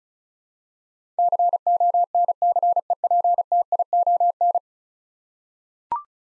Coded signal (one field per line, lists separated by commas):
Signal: Morse code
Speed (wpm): 36 wpm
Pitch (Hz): 700 Hz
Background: none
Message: CONCEPTION